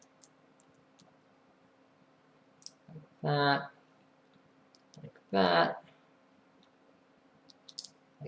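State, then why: Seated. A plastic cover piece is pressed onto a LEGO ISS brick model, with light plastic ticks and handling sounds throughout while someone talks. The cover piece clicks into place with a sharp snap at 7.8 s and is seated.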